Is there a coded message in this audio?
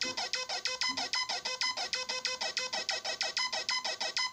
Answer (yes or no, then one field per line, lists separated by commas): no